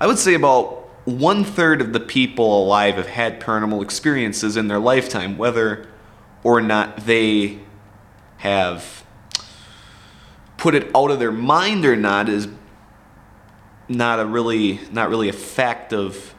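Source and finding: Adult male speaker. Stuttering.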